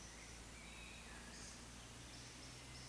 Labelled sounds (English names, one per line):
Eurasian Woodcock whistle